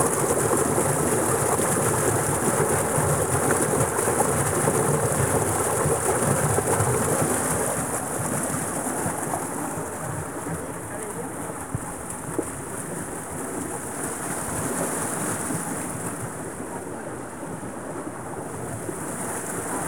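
thunderstorm with rain

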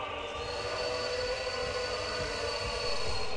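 train

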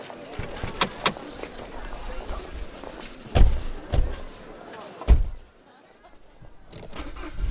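getting into a car

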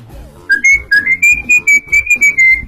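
person whistling

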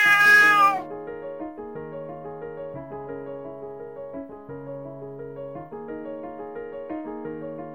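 cat meowing

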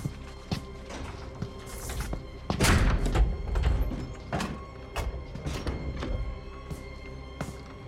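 door being closed

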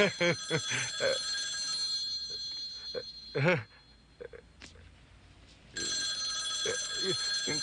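telephone ringing

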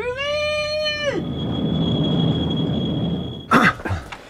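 tram approaching on rails

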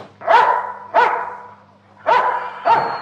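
puppy barking

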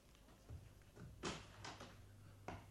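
front door being opened

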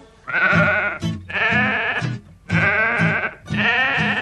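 sheep bleating

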